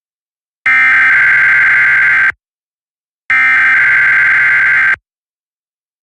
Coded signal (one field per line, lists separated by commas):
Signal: Emergency Alert System (SAME) tones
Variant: header bursts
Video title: East Coast Chaos Episode 41: An East West Slight - 8/17/2024